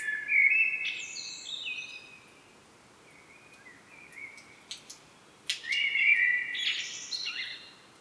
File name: Turdus merula